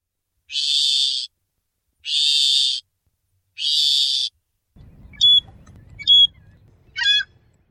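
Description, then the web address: Loggerhead shrike harsh calls: three long raspy buzzes about one and a half seconds apart, then low rumbling noise with a few short, sharp chipping notes. "Thumbs Plus Zoo Field Guide Repository"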